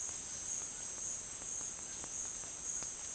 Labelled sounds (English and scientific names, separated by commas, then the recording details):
White-throated Toucan (Ramphastos tucanus)
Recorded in secondary vegetation near Puerto Asís, Putumayo, Colombia, on 29 June 2025 at 10:30
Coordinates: 0.499, -76.323
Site G077